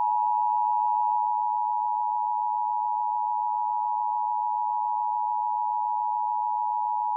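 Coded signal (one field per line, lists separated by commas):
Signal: Emergency Alert System (SAME) tones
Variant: 853 and 960 Hz attention tone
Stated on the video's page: Required monthly test relayed by a TV station, recorded with a USB tuner directly off air via an HD TV antenna.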